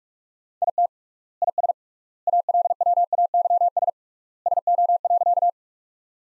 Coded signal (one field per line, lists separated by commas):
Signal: Morse code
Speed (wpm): 45 wpm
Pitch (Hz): 700 Hz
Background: none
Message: IT IS ALWAYS SO.